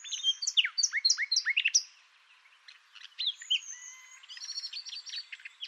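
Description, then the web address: Birds calling: rapid downslurred chirps in a quick series, a short pause, then mixed whistles and twittering notes from several birds. "Deverinetal 2025 File origin Bird Only"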